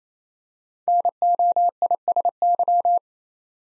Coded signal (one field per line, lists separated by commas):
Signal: Morse code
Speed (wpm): 28 wpm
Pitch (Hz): 700 Hz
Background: none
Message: NOISY